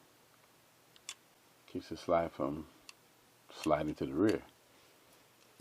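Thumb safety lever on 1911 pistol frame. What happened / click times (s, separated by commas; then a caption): A small metal lever snapped into its locked position / 1.0 s, 1.1 s. The thumb safety lever on the frame of a reassembled Kimber Custom Target 1911 pistol is pushed up into the on position, which keeps the slide from sliding to the rear. Two short clicks are heard at 1.0 s and 1.1 s as the safety seats on, and then someone talks.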